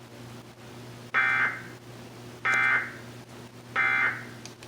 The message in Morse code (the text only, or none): none